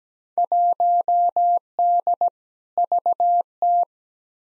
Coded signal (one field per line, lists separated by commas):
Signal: Morse code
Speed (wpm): 17 wpm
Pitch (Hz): 700 Hz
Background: none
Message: 1D VT